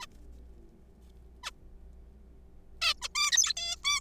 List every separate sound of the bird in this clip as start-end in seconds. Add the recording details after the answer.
0.01-0.06, 1.43-1.51, 2.82-2.94, 3.02-3.08, 3.16-3.31, 3.32-3.53, 3.57-3.76, 3.85-4.00. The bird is a juvenile. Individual R3428